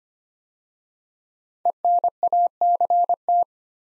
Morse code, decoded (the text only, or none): ENACT